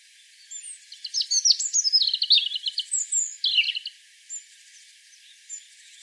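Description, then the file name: European robin singing one rich phrase of tumbling, high twittering notes for about three seconds, then near silence with two faint single notes. "Erithacus rubecula"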